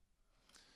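The locking tab in the battery compartment of a Panasonic GF1 camera is pushed up, releasing the lithium-ion battery. It springs out of its compartment with a short, bright knock at 0.5 s over a faint background hiss. The battery lock is released.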